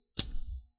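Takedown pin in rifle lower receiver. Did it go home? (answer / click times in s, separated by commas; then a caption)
yes / 0.2 s. A takedown pin is pushed into a metal rifle lower receiver to test that it is held, and it snaps into its detent position with a sharp, bright metallic click at 0.2 s. A low, dull rumble follows and fades out by about 0.7 s. The pin is seated and held in place.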